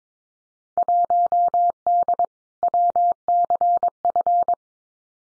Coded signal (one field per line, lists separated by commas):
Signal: Morse code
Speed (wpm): 22 wpm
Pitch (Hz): 700 Hz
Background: none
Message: 1D WCF